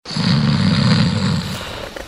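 Snoring from an adult sleeper: a single loud, rough, low-pitched breath lasting about two seconds, with most energy below 200 Hz.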